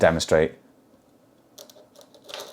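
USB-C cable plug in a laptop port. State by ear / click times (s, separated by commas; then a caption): released / 2.3 s. Someone talks briefly, then a USB-C cable plug in a port of a 2016 13-inch MacBook Pro with two Thunderbolt 3 ports is pulled out as the laptop is slid slightly across the desk. Faint small clicks and scrapes come at 1.6–2.1 s, and the loudest sharp click at 2.3 s is the plug popping out of the port. The connector released too easily.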